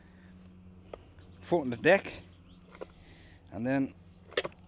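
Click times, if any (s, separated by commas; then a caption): 4.4 s. The metal folding stem latch on a Joyor S10-S 60V electric scooter is worked as the stem is raised from its folded position, while someone talks over a low background hum. Small knocks come before a sharp metallic snap at 4.4 s as the latch clicks into place, seating the stem before the extra safety lever is pulled down.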